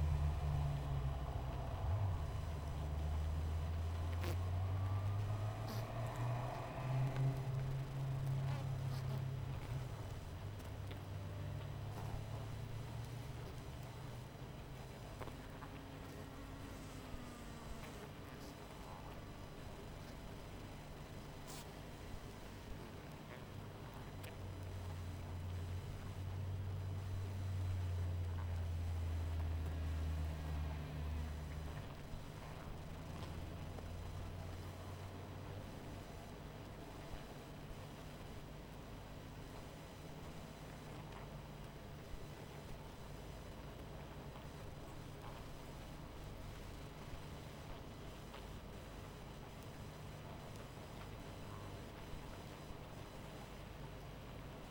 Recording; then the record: honeybee colony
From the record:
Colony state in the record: missing queen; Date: 14 July 2017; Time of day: 21:48